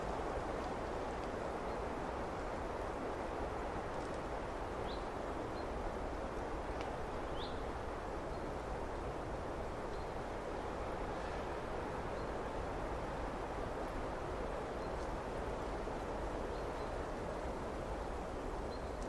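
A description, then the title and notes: A steady, dense rustle of leaves fills the whole stretch, heavy in the low and middle range and unchanging in loudness, almost like a rumble. A few faint, brief high chirps poke through near five and seven seconds. The gentle rustle of leaves and soft chirping of crickets.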